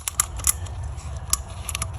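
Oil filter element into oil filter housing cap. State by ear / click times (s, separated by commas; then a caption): seated / 0.2 s. A new paper oil filter element is pushed onto the plastic oil filter housing cap of a 2012 Chevy Equinox during an oil and filter change. Several short, sharp plastic clicks and ticks sound over a low background rumble, and the element snaps into the cap at 0.2 seconds, seated.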